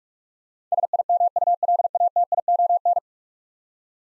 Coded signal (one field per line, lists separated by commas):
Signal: Morse code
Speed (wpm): 44 wpm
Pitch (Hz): 700 Hz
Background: none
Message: SIMULATION